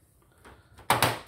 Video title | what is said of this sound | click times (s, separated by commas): Coway Air Mega 150 Air purifier Review and Setup (AP-1019C) - Improve Air Quality AQI | push it in till you hear a click, and your air purifier is ready for use. | 0.9 s